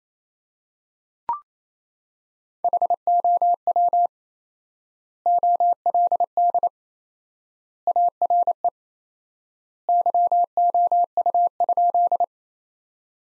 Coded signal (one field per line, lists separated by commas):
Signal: Morse code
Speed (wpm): 28 wpm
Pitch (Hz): 700 Hz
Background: none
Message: HOW OLD ARE YOU?